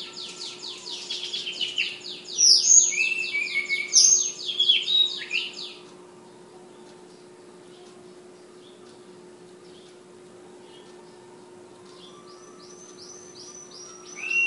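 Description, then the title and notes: Flowerpecker song: a dense burst of rapid buzzy ticking and sharp high whistles for about six seconds, then near silence and a fainter run of ticks. Tledekan, also called sulingan, named Ababil, from Kudus. "Tledekan/Sulingan ABABIL. Suara Burung Tledekan Ababil dari Kudus"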